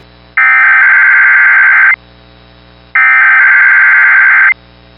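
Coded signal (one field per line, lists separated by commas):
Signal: Emergency Alert System (SAME) tones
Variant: header bursts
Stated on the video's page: National EAS test, October 2023.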